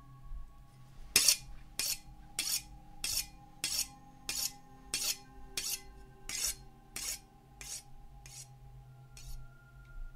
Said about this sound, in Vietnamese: Đôi mắt của nó nhìn đăm đăm, nó mài con dao vào cục đá nghe đến rợn cả người.